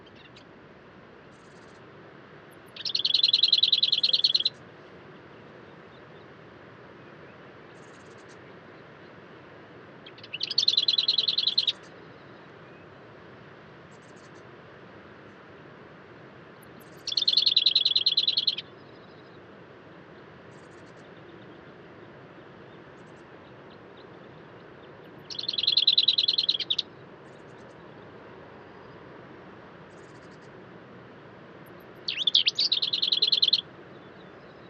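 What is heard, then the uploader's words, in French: Birds at daybreak on a high mountain pass: a bright, buzzy bird call bursts out about every seven seconds, each lasting a second or two. Between the calls a soft, steady hiss fills the background, with no other sounds. Lever du jour à l'écoute des oiseaux au col du Granon (2400 m altitude) dans les Hautes Alpes au-dessus de Briançon.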